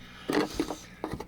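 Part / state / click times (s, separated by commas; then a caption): rocker switch into wall panel cutout / seated / 1.0 s, 1.2 s. A 12 V rocker switch is pushed into a Dremel-cut hole in the bathroom wall panel of a Coleman 202RD trailer, where its side detents lock it in place. Softer knocks at 0.4 and 0.7 seconds lead up to two sharp snaps at 1.0 and 1.2 seconds as the switch seats firmly in the panel.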